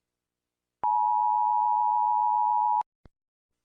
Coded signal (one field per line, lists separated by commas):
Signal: Emergency Alert System (SAME) tones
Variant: 853 and 960 Hz attention tone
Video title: USA EAS Alarm